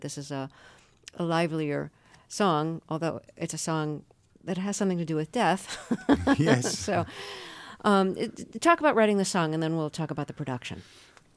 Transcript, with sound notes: This is a livelier song, although it's a song that has something to do with death (laughter).
Yes.
So - talk about writing the song, and then we'll talk about the production.